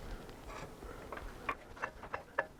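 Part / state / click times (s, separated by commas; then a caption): rear drive axle into differential / not seated / none. The new rear drive axle of a tuned BMW F30 335i is handled at its inner end as it is worked toward the differential, where its retaining clip is meant to snap in place. A quiet background is broken by a series of short, sharp taps and knocks, the strongest near 1.5 and 2.4 seconds. The axle has not yet seated or clicked into the differential.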